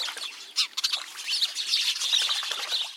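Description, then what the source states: House sparrow flock chattering: a dense jumble of chirps and harsher squawky notes throughout. A flock chattering as it splashes in a birdbath.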